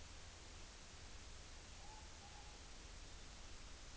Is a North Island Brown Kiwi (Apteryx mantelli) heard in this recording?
no